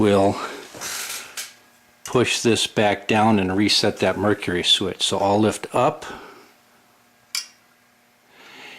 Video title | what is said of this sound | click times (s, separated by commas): All American Baseball Restoration - Made Before the Rockola 1937 World Series | this locks in place and the contacts are open again game over so | 7.3 s